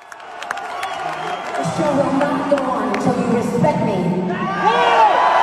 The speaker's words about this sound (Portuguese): Não, e ela dá o tempinho pra galera gritar e ela vira o rostinho pro lado, tipo stand-up.